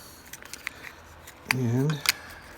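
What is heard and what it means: The plastic back cover of a Toyota car key fob is handled against the fob housing after the coin battery has been replaced, making a few faint, light plastic ticks and taps early on. Someone talks briefly near the end. Nothing has seated or clicked yet.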